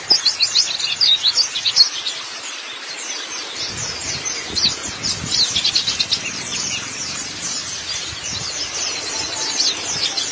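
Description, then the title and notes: White-eye twittering: continuous high, dense chirps and short trills throughout, busy and unbroken, over a low background rumble. "Kicauan Burung Pleci Durasi Panjang. Suara kicauan burung pleci"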